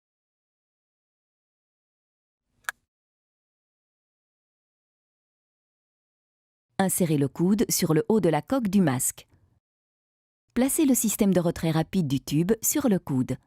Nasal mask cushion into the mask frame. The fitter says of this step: masque dans la coque jusqu'à ce qu'il s'enclenche.